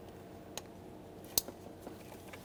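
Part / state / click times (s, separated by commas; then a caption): wiring harness plastic clip onto engine bracket / seated / 1.4 s. A plastic wiring harness retaining clip is slid down onto a metal engine bracket while replacing the distributor on a 1994–1997 Honda Accord. Over a low, steady background, a faint tick at 0.6 s comes before one short, sharp snap at 1.4 s, with a softer tick at 2.3 s. The snap at 1.4 s is the clip seating on the bracket.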